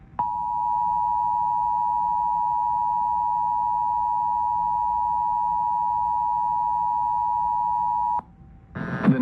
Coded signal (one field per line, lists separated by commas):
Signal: Emergency Alert System (SAME) tones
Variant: 853 and 960 Hz attention tone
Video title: EAS number 4 KDSX-LPAM&FM